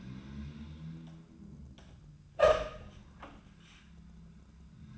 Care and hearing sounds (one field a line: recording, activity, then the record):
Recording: daily activity, microphone in the room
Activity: open door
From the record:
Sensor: 2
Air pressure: 1004.8 hPa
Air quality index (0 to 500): 74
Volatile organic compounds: 1 ppm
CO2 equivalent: 874 ppm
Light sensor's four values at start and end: 7/17/7/7 and 7/17/7/7